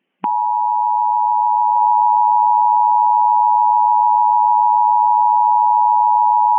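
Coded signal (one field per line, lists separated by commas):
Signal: Emergency Alert System (SAME) tones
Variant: 853 and 960 Hz attention tone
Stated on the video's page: Mock EAS scenario containing valid EAS tones.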